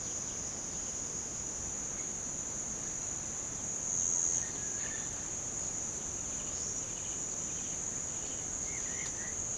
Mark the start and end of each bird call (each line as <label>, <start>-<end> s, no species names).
bird call, 6.31-9.41 s